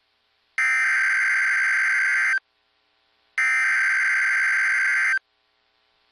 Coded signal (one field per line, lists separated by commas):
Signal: Emergency Alert System (SAME) tones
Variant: header bursts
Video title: (EAS #3) WTAP Pinpoint Weather - Flood Watch (2/2/2022)